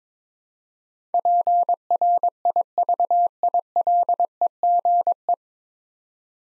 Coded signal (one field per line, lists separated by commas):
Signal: Morse code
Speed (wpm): 22 wpm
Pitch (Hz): 700 Hz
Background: none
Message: PRIVILEGE